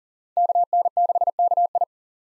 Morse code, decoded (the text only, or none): KN6KI